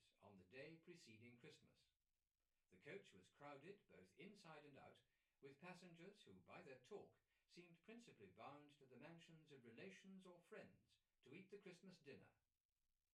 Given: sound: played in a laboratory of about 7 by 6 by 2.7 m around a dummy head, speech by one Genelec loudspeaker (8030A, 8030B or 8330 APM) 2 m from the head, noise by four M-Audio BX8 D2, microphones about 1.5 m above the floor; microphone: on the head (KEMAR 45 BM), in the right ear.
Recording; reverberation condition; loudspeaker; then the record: male speech in English; low; 120 degrees to the left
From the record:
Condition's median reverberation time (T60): about 310 ms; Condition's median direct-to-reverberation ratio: about 3.5 dB